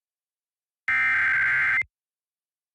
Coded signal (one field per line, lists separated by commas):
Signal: Emergency Alert System (SAME) tones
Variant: header bursts